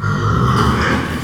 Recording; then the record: squeal of a Yucatan mini pig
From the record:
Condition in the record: after surgery on the right vocal fold (resection and tissue-engineered implant); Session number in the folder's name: 15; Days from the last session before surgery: 175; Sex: female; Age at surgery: 19 weeks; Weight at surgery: 25 kg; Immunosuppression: prednisolone